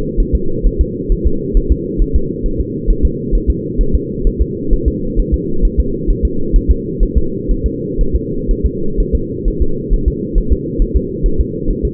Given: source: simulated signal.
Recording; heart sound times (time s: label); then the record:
fetal heart sounds
0.20 s: S1
0.35 s: S2
0.66 s: S1
0.81 s: S2
1.12 s: S1
1.27 s: S2
1.57 s: S1
1.72 s: S2
2.02 s: S1
2.16 s: S2
2.46 s: S1
2.60 s: S2
2.90 s: S1
3.05 s: S2
3.35 s: S1
3.50 s: S2
3.81 s: S1
3.95 s: S2
4.27 s: S1
4.41 s: S2
4.73 s: S1
4.88 s: S2
5.19 s: S1
5.34 s: S2
5.65 s: S1
5.80 s: S2
6.10 s: S1
6.25 s: S2
6.56 s: S1
6.71 s: S2
7.03 s: S1
7.17 s: S2
7.51 s: S1
7.66 s: S2
8.01 s: S1
8.16 s: S2
8.51 s: S1
8.66 s: S2
9.00 s: S1
9.15 s: S2
9.48 s: S1
9.62 s: S2
9.94 s: S1
10.08 s: S2
10.38 s: S1
10.52 s: S2
10.82 s: S1
10.96 s: S2
11.26 s: S1
11.41 s: S2
11.70 s: S1
11.85 s: S2
From the record:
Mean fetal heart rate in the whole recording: 130 bpm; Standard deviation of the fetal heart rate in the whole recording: 4 bpm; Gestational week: 38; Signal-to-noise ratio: -8.1 dB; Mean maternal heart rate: 72 bpm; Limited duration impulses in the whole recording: present